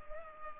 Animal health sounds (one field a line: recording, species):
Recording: mosquito wingbeat signal from an infrared sensor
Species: Culex pipiens